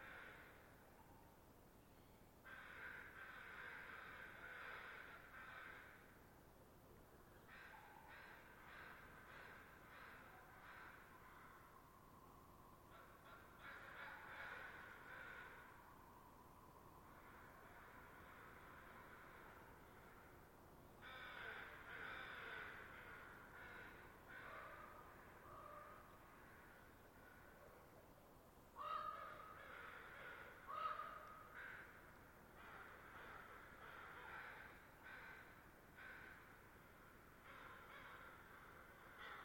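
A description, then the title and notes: Crows and ravens caw in dense, overlapping bursts every few seconds, with brief quieter gaps and a steady low rumble underneath throughout. The site is a permanent roost for a mob of ravens. On a daily basis, though, their home is utilized by a murder of crows as a staging area for their final roost. After a long day of foraging, the crow gang descends to overrun the area before moving along. They sound agitated. The ravens are listening, waiting to see if it’s okay to go about again.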